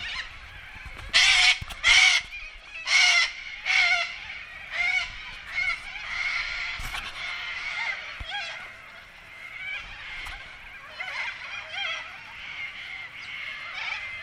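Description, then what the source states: Corellas screeching, loud raspy bursts early then a continuous chatter of overlapping harsh calls from a flock. Pilbara, Australia.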